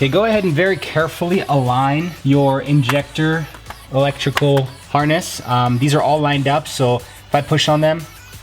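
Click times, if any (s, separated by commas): none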